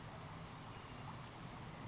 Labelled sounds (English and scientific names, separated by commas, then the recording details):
Western Flycatcher (Empidonax difficilis)
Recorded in Sonoma County, California